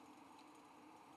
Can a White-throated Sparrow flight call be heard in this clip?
no